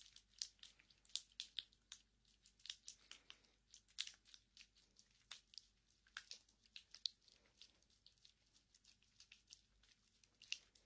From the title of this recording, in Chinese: 揉搓双手